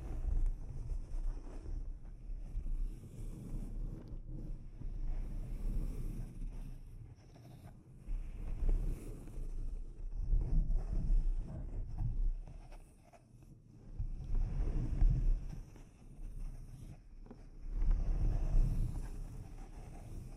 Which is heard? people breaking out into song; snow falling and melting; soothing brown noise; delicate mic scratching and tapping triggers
delicate mic scratching and tapping triggers